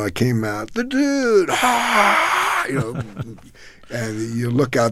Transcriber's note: imitating crowd cheering; laughter